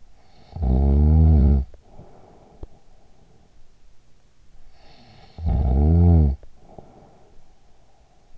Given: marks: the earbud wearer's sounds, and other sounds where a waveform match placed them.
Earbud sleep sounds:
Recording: sounds in sleep by an in-ear microphone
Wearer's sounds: snoring breath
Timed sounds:
0.00-3.43 s: snoring breath
4.69-7.55 s: snoring breath

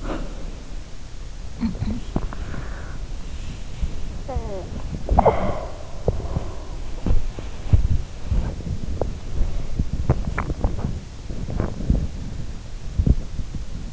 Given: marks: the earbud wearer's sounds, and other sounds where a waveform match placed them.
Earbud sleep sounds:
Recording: sounds in sleep by an in-ear microphone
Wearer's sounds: breath, cough or throat clearing or sniffle, body movement, talking in sleep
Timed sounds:
0.00-0.50 s: breath
1.57-1.95 s: cough or throat clearing or sniffle
1.57-6.68 s: body movement
3.74-4.78 s: sound from someone else or the room
4.97-5.78 s: talking in sleep
6.93-8.04 s: sound from someone else or the room
8.91-13.93 s: body movement

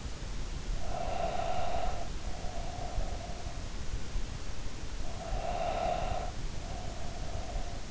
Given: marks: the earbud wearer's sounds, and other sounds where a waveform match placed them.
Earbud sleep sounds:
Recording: sounds in sleep by an in-ear microphone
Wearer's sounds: breath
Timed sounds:
0.45-3.64 s: breath
4.85-7.91 s: breath

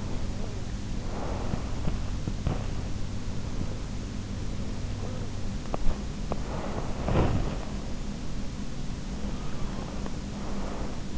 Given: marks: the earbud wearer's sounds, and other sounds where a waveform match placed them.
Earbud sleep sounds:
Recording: sounds in sleep by an in-ear microphone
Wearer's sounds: breath, body movement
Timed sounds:
0.00-1.96 s: breath
7.05-7.72 s: body movement
9.10-11.18 s: breath

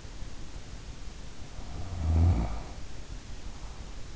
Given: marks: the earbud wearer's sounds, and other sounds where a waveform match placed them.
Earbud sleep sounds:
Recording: sounds in sleep by an in-ear microphone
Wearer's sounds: snoring breath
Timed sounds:
1.66-3.89 s: snoring breath

